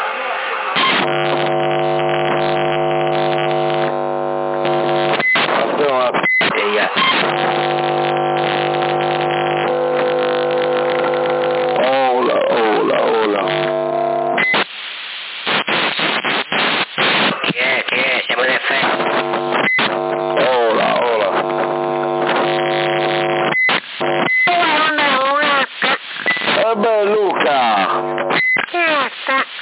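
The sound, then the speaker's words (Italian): A CB radio microphone's transmit beep, made by a small button on the back of the microphone pressed while transmitting, chirps in quick, high warbling bursts between stretches of band-limited radio sound, with steady buzzing tones and crackly breaks over half a minute, in Sassari. “Come stai quel pulsantino quando sei in trasmissione se sente 5 tiro dell'uccello in, vai pipipipipi.”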